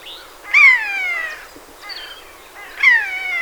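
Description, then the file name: Eurasian jay uttering two harsh, descending screeches about two seconds apart, with a brief softer nasal note between them. "Garrulus glandarius"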